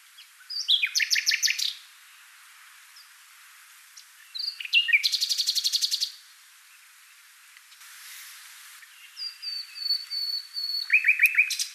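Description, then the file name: Common nightingale singing in bursts: a fast rattle of repeated notes, a dense buzzy trill, a faint hiss, then thin whistles and another rapid chattering phrase. "Luscinia megarhynchos"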